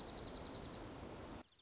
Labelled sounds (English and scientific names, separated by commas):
Dark-eyed Junco (Junco hyemalis)